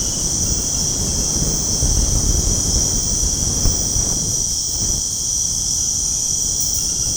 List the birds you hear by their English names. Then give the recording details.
none. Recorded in secondary vegetation near Puerto Asís, Putumayo, Colombia, on 21 February 2024 at 22:00. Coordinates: 0.489, -76.322. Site G6419